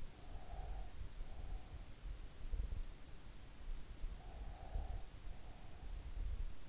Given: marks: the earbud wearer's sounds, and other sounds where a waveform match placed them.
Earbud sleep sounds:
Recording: sounds in sleep by an in-ear microphone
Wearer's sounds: breath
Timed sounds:
0.15-1.82 s: breath
4.04-5.68 s: breath

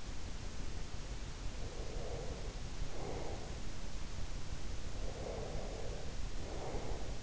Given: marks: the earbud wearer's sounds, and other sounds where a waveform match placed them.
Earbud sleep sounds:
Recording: sounds in sleep by an in-ear microphone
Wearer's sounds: breath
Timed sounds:
1.69-3.58 s: breath
4.95-7.18 s: breath

